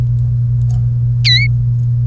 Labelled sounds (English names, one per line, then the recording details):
Domestic Canary song
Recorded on 1 May 2018 at 16:09
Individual llb3